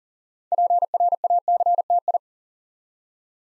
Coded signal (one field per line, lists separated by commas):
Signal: Morse code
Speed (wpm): 38 wpm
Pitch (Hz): 700 Hz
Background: none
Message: PRACTI